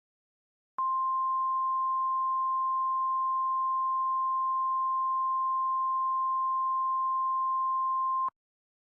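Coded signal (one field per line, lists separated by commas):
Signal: Emergency Alert System (SAME) tones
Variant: 1050 Hz attention tone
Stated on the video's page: Fictional EAS scenario about extreme heat, a simulated alert rather than a real one.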